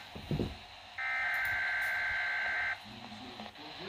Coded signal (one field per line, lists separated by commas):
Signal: Emergency Alert System (SAME) tones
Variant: header bursts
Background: speech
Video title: EAS 136-137: 2 Winter Storm Warnings